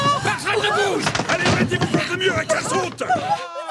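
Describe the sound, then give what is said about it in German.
Repeated heavy thuds and sharp bangs of police forcing open the door of a hideout, ringing out beneath loud, overlapping voices that shout throughout before cutting off abruptly. “Hörst du, wie sie die Tür aufbrechen?”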